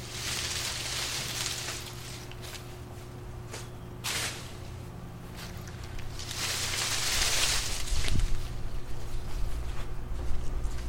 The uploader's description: cutting down two small apple trees in our backyard